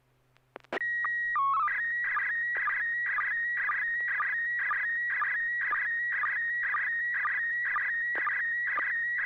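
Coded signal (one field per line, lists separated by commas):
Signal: SSTV (slow-scan television)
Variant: PD 120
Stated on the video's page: Weekly SSTV net on an FM repeater, 441.30 MHz, Wednesday evenings; pictures sent with MMSSTV software.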